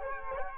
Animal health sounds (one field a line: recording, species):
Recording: mosquito wingbeat signal from an infrared sensor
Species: Culex quinquefasciatus